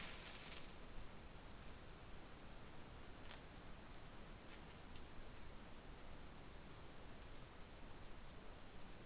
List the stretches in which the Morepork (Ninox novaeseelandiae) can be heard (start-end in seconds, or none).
none